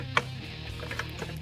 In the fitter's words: and you want to listen for them to click and